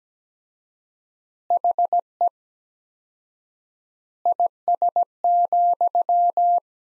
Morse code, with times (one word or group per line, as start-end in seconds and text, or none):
1.5-2.3 HE
4.3-6.6 IS,